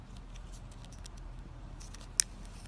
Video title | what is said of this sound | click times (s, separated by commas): Fixing a water damage slash | right you heard the click it snapped in | 2.2 s